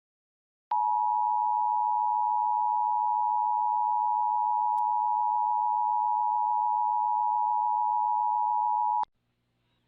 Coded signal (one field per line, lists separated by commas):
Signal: Emergency Alert System (SAME) tones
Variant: 853 and 960 Hz attention tone